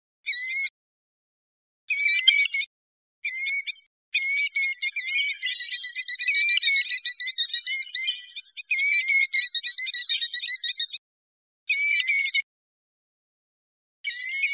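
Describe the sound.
Killdeer, sharp whistled call notes in short bursts with pauses, building into a long run of rapid rolling trilled notes, then separate calls again.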